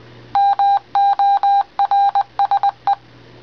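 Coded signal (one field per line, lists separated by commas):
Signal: Morse code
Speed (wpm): 20 wpm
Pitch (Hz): 800 Hz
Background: none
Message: MORSE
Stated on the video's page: Morse ringtone generated dynamically on an Android phone by an app, sending the caller ID of incoming calls.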